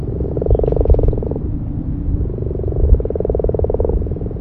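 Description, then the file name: Common frog croaking in two low, purring, rapidly pulsed bursts, each lasting one to two seconds, over a steady low rumble. "grasfrosch"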